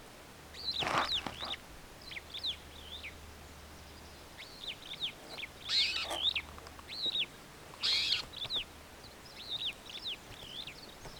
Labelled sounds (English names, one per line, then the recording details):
Superb Starling flight call
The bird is a male
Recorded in Kenya on 5 July 2010
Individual 32, of group DRT2